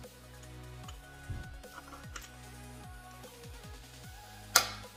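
A sheet-metal cylinder air deflector tin under the cylinders of an air-cooled 40 hp VW engine is turned slightly against the cylinders while music plays in the background, with a few faint ticks. At 4.6 s it pops into place with a sharp, loud metallic snap, and it is seated, followed by someone talking.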